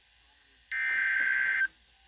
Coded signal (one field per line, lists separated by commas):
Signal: Emergency Alert System (SAME) tones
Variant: header bursts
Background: speech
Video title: EAS 193 Severe Thunderstorm Warning